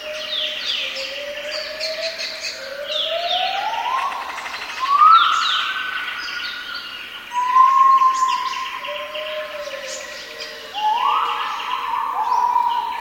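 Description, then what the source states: Gibbon song: long, smooth whooping notes that rise and swell, then hold or step upward, one after another, with twittering birds behind. Recorded in forest.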